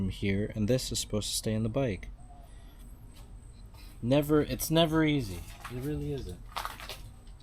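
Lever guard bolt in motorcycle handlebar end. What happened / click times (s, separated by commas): The bolt slipped and stripped under the wrench / 6.6 s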